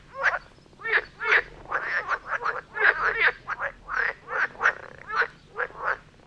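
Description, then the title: Frog chorus of quick, harsh croaks tumbling over each other, irregular and busy, several callers overlapping throughout. Chorus of frogs near Vellerner Brook in Neubeckum, recorded at 2pm in stereo. "Frog concert near Vellerner Brook in Neubeckum - 2pm"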